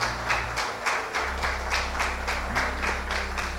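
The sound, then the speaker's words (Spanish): A church audience claps together to welcome a first-time visitor, in a steady, even rhythm, about four claps per second, over a low sustained hum of music, with no one speaking. “Vamos a recibirla con un aplauso.”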